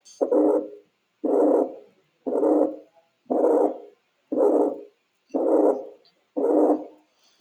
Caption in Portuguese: Sopro Sistólico.